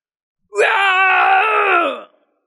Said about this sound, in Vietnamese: Một tiếng gào thét dữ dội xé lồng vang lên.